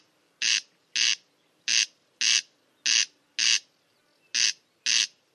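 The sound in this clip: Bird uttering raspy, scratchy squawks in short bursts, eight calls spaced about half a second apart with a longer gap of about a second before the last two, with faint background hiss.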